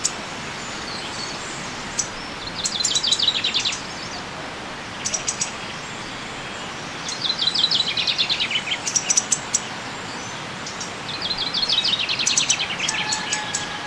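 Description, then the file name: Common chaffinch song, with descending trilled phrases repeated about every four seconds, sharp high clicks, and a steady background rush. "Fringilla coelebs"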